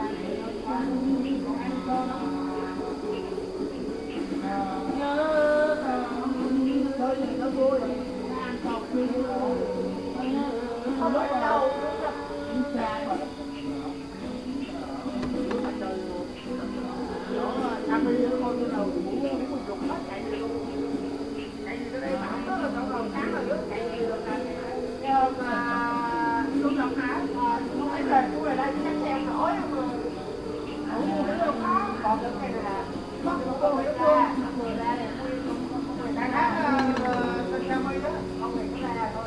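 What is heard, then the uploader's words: Karaoke singing drifts in, the wavering voice and music blurred together into a steady, mid-pitched wash for the whole stretch. A thin, constant high whine of night insects runs above it, with a low rumble of wind or traffic underneath. Da Lat evening karaoke. Recorded in Da Lat, Vietnam by Kit Wilmans Fegradoe. On a breezy but warm evening, karaoke fills the air and billows with the insects of the night. Recorded in Da Lat, Vietnam.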